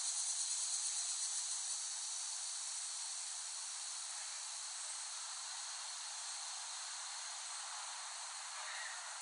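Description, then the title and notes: Cicadas giving a continuous sizzling high buzz, slightly louder and pulsing at the start, then steady and even to the end. Cicadas in West Brighton, Staten Island, late summer 2008, by Dan Bodah. "Dronecast No. 021: The Cicadas of Summer. Recording of cicadas made by Dan Bodah in West Brighton, Staten Island, late summer 2008"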